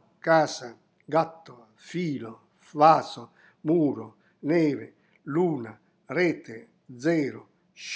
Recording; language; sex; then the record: read list of words; Italian; male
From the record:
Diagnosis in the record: healthy control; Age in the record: 70 years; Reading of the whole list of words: 64 s, 3.8 characters per second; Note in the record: marked for poor recording quality or reading difficulty